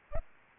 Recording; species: mosquito wingbeat signal from an infrared sensor; Anopheles arabiensis